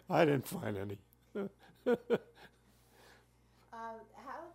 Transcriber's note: laughs